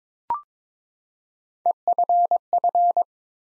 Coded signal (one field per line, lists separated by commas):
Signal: Morse code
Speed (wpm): 21 wpm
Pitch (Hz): 700 Hz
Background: none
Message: EFF